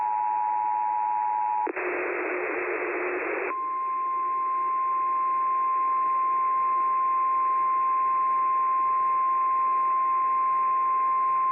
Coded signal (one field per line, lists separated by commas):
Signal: Emergency Alert System (SAME) tones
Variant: 853 and 960 Hz attention tone